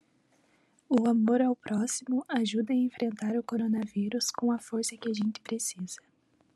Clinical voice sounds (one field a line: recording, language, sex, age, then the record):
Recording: spoken sentence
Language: Brazilian Portuguese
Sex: female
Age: 18 to 19 years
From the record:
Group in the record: control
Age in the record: 19 years